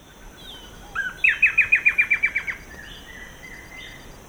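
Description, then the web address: Blackish Antbird song: a brief rising note, then a rapid run of about ten crisp descending notes, followed by softer notes, with a steady insect hum. Ecuador. "Natures Songs S America Birds of Ecuador Blackish Antbird"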